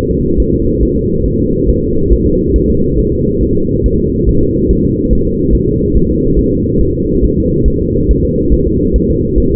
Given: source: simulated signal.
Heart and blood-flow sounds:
fetal heart sounds
0.11 s: S2
0.40 s: S1
0.54 s: S2
0.83 s: S1
0.97 s: S2
1.26 s: S1
1.40 s: S2
1.69 s: S1
1.83 s: S2
2.13 s: S1
2.27 s: S2
2.56 s: S1
2.70 s: S2
2.99 s: S1
3.13 s: S2
3.43 s: S1
3.57 s: S2
3.86 s: S1
4.00 s: S2
4.29 s: S1
4.43 s: S2
4.71 s: S1
4.85 s: S2
5.13 s: S1
5.27 s: S2
5.55 s: S1
5.68 s: S2
5.96 s: S1
6.10 s: S2
6.39 s: S1
6.53 s: S2
6.81 s: S1
6.95 s: S2
7.24 s: S1
7.38 s: S2
7.68 s: S1
7.82 s: S2
8.11 s: S1
8.25 s: S2
8.53 s: S1
8.67 s: S2
8.96 s: S1
9.10 s: S2
9.38 s: S1
9.52 s: S2
From the record:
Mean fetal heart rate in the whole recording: 140 bpm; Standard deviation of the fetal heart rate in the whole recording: 2 bpm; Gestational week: 34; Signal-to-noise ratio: -15.3 dB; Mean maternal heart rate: 72 bpm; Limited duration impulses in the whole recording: present

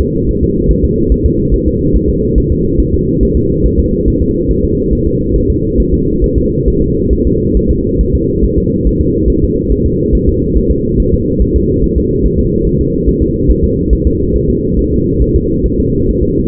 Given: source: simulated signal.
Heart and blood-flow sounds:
fetal heart sounds
0.00 s: S2
0.29 s: S1
0.43 s: S2
0.71 s: S1
0.84 s: S2
1.12 s: S1
1.26 s: S2
1.54 s: S1
1.67 s: S2
1.96 s: S1
2.09 s: S2
2.38 s: S1
2.52 s: S2
2.80 s: S1
2.94 s: S2
3.23 s: S1
3.37 s: S2
3.66 s: S1
3.79 s: S2
4.08 s: S1
4.22 s: S2
4.51 s: S1
4.64 s: S2
4.93 s: S1
5.07 s: S2
5.36 s: S1
5.50 s: S2
5.80 s: S1
5.94 s: S2
6.24 s: S1
6.38 s: S2
6.68 s: S1
6.82 s: S2
7.13 s: S1
7.27 s: S2
7.57 s: S1
7.71 s: S2
8.01 s: S1
8.15 s: S2
8.44 s: S1
8.58 s: S2
8.87 s: S1
9.01 s: S2
9.30 s: S1
9.44 s: S2
9.72 s: S1
9.86 s: S2
10.15 s: S1
10.29 s: S2
10.57 s: S1
10.71 s: S2
11.00 s: S1
11.14 s: S2
11.42 s: S1
11.56 s: S2
11.84 s: S1
11.98 s: S2
12.26 s: S1
12.39 s: S2
12.67 s: S1
12.81 s: S2
13.09 s: S1
13.22 s: S2
13.50 s: S1
13.64 s: S2
13.93 s: S1
14.07 s: S2
14.36 s: S1
14.50 s: S2
14.79 s: S1
14.93 s: S2
15.22 s: S1
15.36 s: S2
15.66 s: S1
15.79 s: S2
16.09 s: S1
16.23 s: S2
From the record:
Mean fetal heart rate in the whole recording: 140 bpm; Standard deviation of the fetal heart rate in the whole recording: 2 bpm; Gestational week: 34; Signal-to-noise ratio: -14.7 dB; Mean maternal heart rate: 72 bpm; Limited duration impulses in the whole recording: present

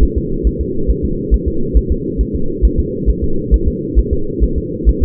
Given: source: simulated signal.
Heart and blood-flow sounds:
fetal heart sounds
0.03 s: S1
0.18 s: S2
0.47 s: S1
0.61 s: S2
0.90 s: S1
1.05 s: S2
1.34 s: S1
1.48 s: S2
1.77 s: S1
1.92 s: S2
2.21 s: S1
2.36 s: S2
2.65 s: S1
2.80 s: S2
3.09 s: S1
3.24 s: S2
3.54 s: S1
3.68 s: S2
3.99 s: S1
4.13 s: S2
4.44 s: S1
4.58 s: S2
4.89 s: S1
5.03 s: S2
From the record:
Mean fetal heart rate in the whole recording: 135 bpm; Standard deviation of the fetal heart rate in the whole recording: 3 bpm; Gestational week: 34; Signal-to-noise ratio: -8.1 dB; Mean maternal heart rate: 72 bpm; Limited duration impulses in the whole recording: absent

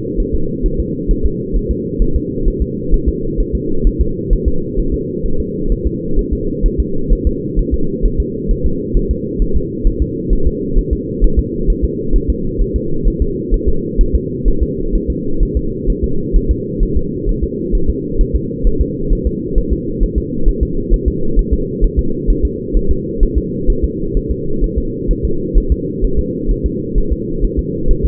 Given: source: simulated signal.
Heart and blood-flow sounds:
fetal heart sounds
0.20 s: S1
0.35 s: S2
0.66 s: S1
0.80 s: S2
1.11 s: S1
1.26 s: S2
1.56 s: S1
1.71 s: S2
2.02 s: S1
2.16 s: S2
2.48 s: S1
2.62 s: S2
2.94 s: S1
3.09 s: S2
3.40 s: S1
3.55 s: S2
3.87 s: S1
4.01 s: S2
4.33 s: S1
4.48 s: S2
4.79 s: S1
4.94 s: S2
5.26 s: S1
5.40 s: S2
5.72 s: S1
5.87 s: S2
6.19 s: S1
6.33 s: S2
6.66 s: S1
6.80 s: S2
7.13 s: S1
7.27 s: S2
7.59 s: S1
7.74 s: S2
8.05 s: S1
8.20 s: S2
8.51 s: S1
8.66 s: S2
8.97 s: S1
9.11 s: S2
9.42 s: S1
9.56 s: S2
9.87 s: S1
10.02 s: S2
10.33 s: S1
10.47 s: S2
10.78 s: S1
10.93 s: S2
11.24 s: S1
11.39 s: S2
11.70 s: S1
11.84 s: S2
12.16 s: S1
12.30 s: S2
12.62 s: S1
12.76 s: S2
13.08 s: S1
13.22 s: S2
13.54 s: S1
13.69 s: S2
14.01 s: S1
14.15 s: S2
14.48 s: S1
14.63 s: S2
14.95 s: S1
15.10 s: S2
15.43 s: S1
15.57 s: S2
15.90 s: S1
16.04 s: S2
16.36 s: S1
16.51 s: S2
16.83 s: S1
16.97 s: S2
17.29 s: S1
17.44 s: S2
17.75 s: S1
17.90 s: S2
18.21 s: S1
18.36 s: S2
18.67 s: S1
18.81 s: S2
19.13 s: S1
19.27 s: S2
19.58 s: S1
19.73 s: S2
20.03 s: S1
20.18 s: S2
20.49 s: S1
20.63 s: S2
20.94 s: S1
21.08 s: S2
21.39 s: S1
21.53 s: S2
21.84 s: S1
21.99 s: S2
22.30 s: S1
22.45 s: S2
22.77 s: S1
22.91 s: S2
23.23 s: S1
23.38 s: S2
23.70 s: S1
23.84 s: S2
24.17 s: S1
24.31 s: S2
24.64 s: S1
24.78 s: S2
25.11 s: S1
25.25 s: S2
25.58 s: S1
25.72 s: S2
26.04 s: S1
26.19 s: S2
26.51 s: S1
26.66 s: S2
26.98 s: S1
27.12 s: S2
27.44 s: S1
27.59 s: S2
27.91 s: S1
28.05 s: S2
From the record:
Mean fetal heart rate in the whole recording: 130 bpm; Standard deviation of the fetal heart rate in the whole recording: 2 bpm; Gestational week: 38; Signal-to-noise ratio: -8.1 dB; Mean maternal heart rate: 72 bpm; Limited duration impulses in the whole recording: absent

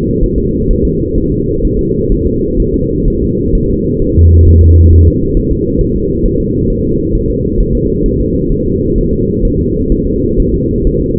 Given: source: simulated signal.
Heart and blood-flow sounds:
fetal heart sounds
0.23 s: S1
0.38 s: S2
0.71 s: S1
0.85 s: S2
1.18 s: S1
1.32 s: S2
1.65 s: S1
1.79 s: S2
2.12 s: S1
2.26 s: S2
2.60 s: S1
2.74 s: S2
3.08 s: S1
3.22 s: S2
3.55 s: S1
3.70 s: S2
4.02 s: S1
4.16 s: S2
4.48 s: S1
4.62 s: S2
4.93 s: S1
5.07 s: S2
5.37 s: S1
5.51 s: S2
5.81 s: S1
5.96 s: S2
6.26 s: S1
6.40 s: S2
6.70 s: S1
6.85 s: S2
7.15 s: S1
7.30 s: S2
7.60 s: S1
7.75 s: S2
8.06 s: S1
8.20 s: S2
8.52 s: S1
8.66 s: S2
8.98 s: S1
9.13 s: S2
9.45 s: S1
9.59 s: S2
9.92 s: S1
10.07 s: S2
10.40 s: S1
10.54 s: S2
10.87 s: S1
11.01 s: S2
From the record:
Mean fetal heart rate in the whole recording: 130 bpm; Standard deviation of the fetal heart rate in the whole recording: 4 bpm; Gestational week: 38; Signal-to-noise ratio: -10.2 dB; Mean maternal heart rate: 72 bpm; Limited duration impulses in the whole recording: present

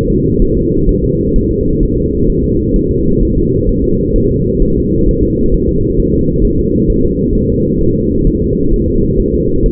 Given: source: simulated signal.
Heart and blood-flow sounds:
fetal heart sounds
0.10 s: S2
0.42 s: S1
0.57 s: S2
0.89 s: S1
1.04 s: S2
1.36 s: S1
1.51 s: S2
1.83 s: S1
1.98 s: S2
2.30 s: S1
2.45 s: S2
2.76 s: S1
2.91 s: S2
3.23 s: S1
3.37 s: S2
3.69 s: S1
3.84 s: S2
4.16 s: S1
4.31 s: S2
4.62 s: S1
4.77 s: S2
5.09 s: S1
5.23 s: S2
5.54 s: S1
5.69 s: S2
6.00 s: S1
6.14 s: S2
6.45 s: S1
6.59 s: S2
6.90 s: S1
7.04 s: S2
7.35 s: S1
7.50 s: S2
7.81 s: S1
7.96 s: S2
8.27 s: S1
8.42 s: S2
8.73 s: S1
8.88 s: S2
9.20 s: S1
9.34 s: S2
9.66 s: S1
From the record:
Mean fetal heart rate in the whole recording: 130 bpm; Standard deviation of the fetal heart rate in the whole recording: 4 bpm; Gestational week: 38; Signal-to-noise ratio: -15.3 dB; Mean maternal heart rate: 72 bpm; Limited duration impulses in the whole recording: present

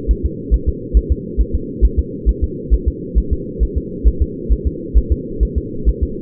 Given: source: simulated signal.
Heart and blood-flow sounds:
fetal heart sounds
0.11 s: S1
0.26 s: S2
0.54 s: S1
0.69 s: S2
0.97 s: S1
1.12 s: S2
1.41 s: S1
1.55 s: S2
1.85 s: S1
1.99 s: S2
2.29 s: S1
2.44 s: S2
2.74 s: S1
2.88 s: S2
3.18 s: S1
3.33 s: S2
3.63 s: S1
3.78 s: S2
4.08 s: S1
4.22 s: S2
4.52 s: S1
4.67 s: S2
4.98 s: S1
5.12 s: S2
5.43 s: S1
5.58 s: S2
5.89 s: S1
6.03 s: S2
From the record:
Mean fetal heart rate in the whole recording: 135 bpm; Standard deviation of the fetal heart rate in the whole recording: 3 bpm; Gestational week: 34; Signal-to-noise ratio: -4.3 dB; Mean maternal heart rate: 72 bpm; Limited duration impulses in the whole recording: absent

